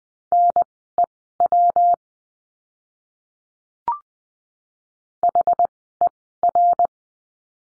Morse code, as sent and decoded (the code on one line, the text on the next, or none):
-. . .-- / .... . .-.
NEW HER